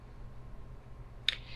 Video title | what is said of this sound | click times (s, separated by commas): Good Things Come in Small Packages - Civivi "Baby Banter" Review - Petite EDC | it locks into place securely with a liner lock | 1.3 s